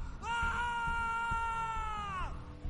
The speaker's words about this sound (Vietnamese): Nghĩ đến đó thôi, cậu điền gào lên một tiếng, át cả tiếng sóng vỗ rì rào.